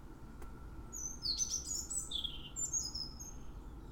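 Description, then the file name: European robin singing a quick, tumbling series of high, thin, sliding notes and trills, with a single faint click early on and steady background hiss. "Erithacus rubecula"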